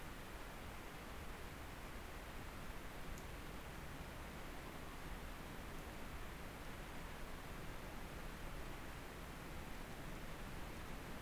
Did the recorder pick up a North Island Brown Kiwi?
no